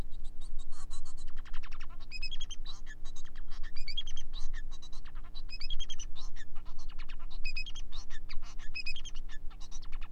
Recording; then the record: song of a male Bengalese finch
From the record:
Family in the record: son of father 4